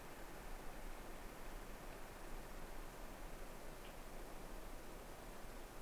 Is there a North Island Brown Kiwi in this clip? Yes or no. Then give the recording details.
no. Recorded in New Zealand on 3 November 2013. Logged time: 01:58. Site CV71